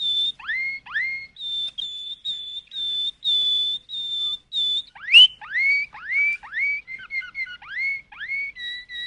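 Canary song: rising swooping notes, a run of clear steady whistled notes, then more quick rising swoops and short notes in a lively, fast-paced series.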